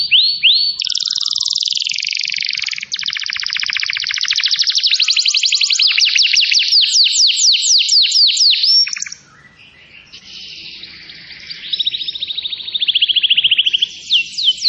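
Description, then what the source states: Canary singing continuously in rapid trilled tours, each run of fast repeated notes changing pitch and tempo, with a short quiet break before more trills. Canary (kenari) song used as a lure for birds.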